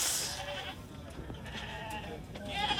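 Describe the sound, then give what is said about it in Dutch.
Sheep bleat at a livestock market in Morocco where sheep, some imported from Spain, are sold ahead of the feast, wavering nasal cries rising at the start and again at the end over a steady, noisy crowd hubbub with scattered clatter. “Op deze markt zijn bijvoorbeeld ook schapen uit Spanje te koop.”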